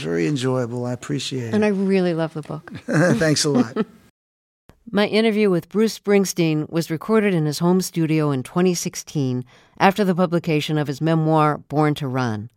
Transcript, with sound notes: Very enjoyable. I appreciate it.
And I really love the book.
(Laughter) Thanks a lot.
My interview with Bruce Springsteen was recorded in his home studio in 2016 after the publication of his memoir, "Born To Run."